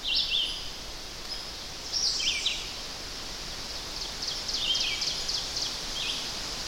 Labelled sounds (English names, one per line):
Ovenbird song